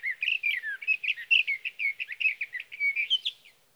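Sage thrasher singing a long, continuous warble of rapid, varied whistled notes and slurs for over three seconds, then falling silent.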